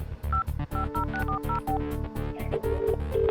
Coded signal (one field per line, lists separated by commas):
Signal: DTMF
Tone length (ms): 110 ms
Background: music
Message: 550640